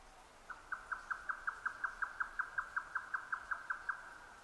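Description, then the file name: Grey nightjar song, a fast run of about nineteen even, clucking notes on one pitch, roughly three per second, against a quiet background. 12 June 2009 at 22:41. "yotaka-20090612-2241"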